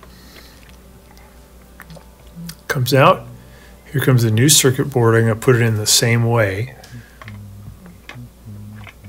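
A new motor control circuit board for an older Frigidaire washer that won't spin is brought in and lined up in the same orientation as the old one, ready to go into its mounting bracket. Someone talks over light handling taps and knocks. Nothing has seated or clicked yet.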